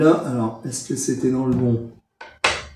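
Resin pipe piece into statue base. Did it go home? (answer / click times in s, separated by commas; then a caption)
yes / 2.2 s, 2.5 s. Someone talks while pressing a resin pipe/tubing piece into its socket on a 1/4-scale collectible statue. After a brief silence, a faint click sounds at 2.2 s, then a sharp, loud snap at 2.5 s as the piece clips into place.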